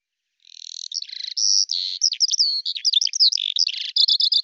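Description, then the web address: Bird calling, a fast jumble of high buzzy notes, squeaks and clipped chirps following one another without pause after a brief silent start. "Deverinetal 2025 File cleaned normalized Bird Al Ar"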